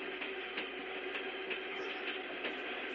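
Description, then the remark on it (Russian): A train departing from a station platform gives off a steady, broad rumble and hiss that holds at an even, moderate level throughout, with no voices and no distinct clacks standing out. “На перроне встречавший генерал-майора военный, он машет удаляющемуся поезду.”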